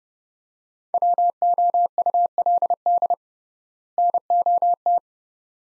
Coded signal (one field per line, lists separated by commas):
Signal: Morse code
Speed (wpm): 29 wpm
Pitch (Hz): 700 Hz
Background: none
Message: WOULD NOT